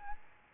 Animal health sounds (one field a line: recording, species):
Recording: mosquito wingbeat signal from an infrared sensor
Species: Aedes albopictus